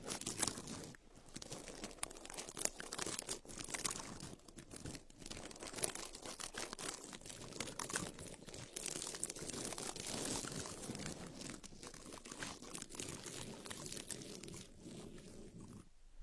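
Ear picking, with a dense, continuous scratching and crinkling that fills almost the whole clip. The rough rustle stays fairly even, made of rapid crackly strokes, broken by brief pauses near 1, 6 and 15 seconds and a quieter stretch at the very end.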